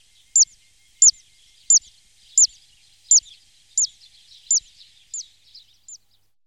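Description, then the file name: Zitting cisticola song: a long series of sharp, high, clicking 'zit' notes repeated steadily about every two-thirds of a second, fading toward the end. "cistovník-rákosníkový"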